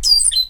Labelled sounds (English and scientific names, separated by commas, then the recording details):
Stitchbird (Notiomystis cincta) song
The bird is a male
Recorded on Tiritiri Matangi Island, New Zealand, in 2005
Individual 8, of nest box 10